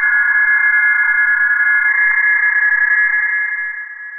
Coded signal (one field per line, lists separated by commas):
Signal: PSK31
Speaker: very close and still maintain a communication